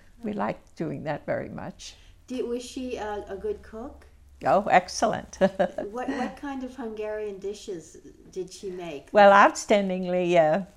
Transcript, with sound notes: We liked doing that very much.
Was she a good cook?
Oh, excellent (she laughs)
What kind of Hungarian dishes did she make?
Well, outstandingly,